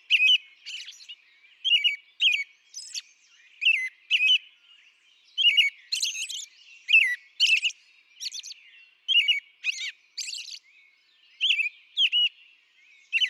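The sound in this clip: American robin song of lively whistled phrases, each slurring up and down, with sharp high-pitched squeaky notes mixed in throughout.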